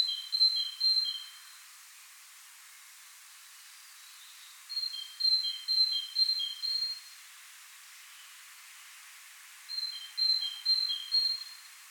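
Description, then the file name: Great tit calls: three bursts of quick, high two-note phrases alternating between pitches, separated by pauses of a few seconds. "Parus major"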